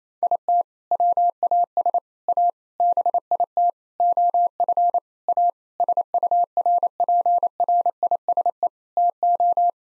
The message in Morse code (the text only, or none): IT WAS A BIT OF A SURPRISE TO